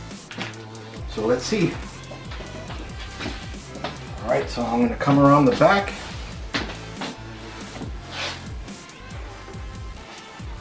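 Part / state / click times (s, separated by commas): monitor stand bracket into the mount on the back of the monitor / not seated / none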